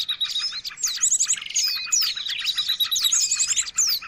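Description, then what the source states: Mixed bird chatter: shrill chirps, swooping whistles and a brief buzzy trill, all high-pitched and crowded together. Long-duration noisy bird sounds used as a lure (pikat) to attract birds; master recording.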